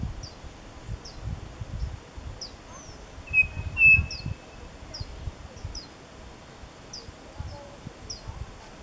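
Bird calls: faint short chirps throughout, with a pair of clear thin whistles near the middle, against low background rumble.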